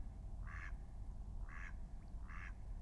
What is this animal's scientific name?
Anas platyrhynchos